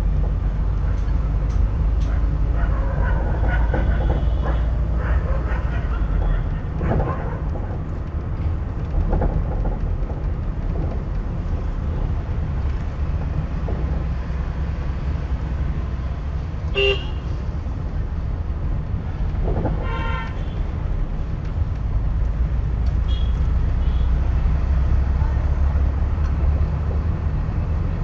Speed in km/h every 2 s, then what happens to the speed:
23, 25, 27, 26, 25, 23, 22, 21, 20, 18, 17, 20, 23, 26.
0-5 steady at about 25. 5-20 slows to 17. 20-28 speeds up to 26.